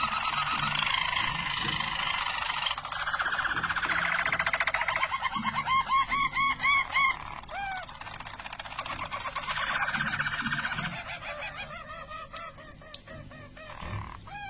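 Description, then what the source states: Harz Roller canary song: long fast trills alternating with repeated curved glides. Belgian Harz Roller canary song.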